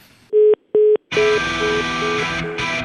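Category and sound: signal or alarm, telephone call tones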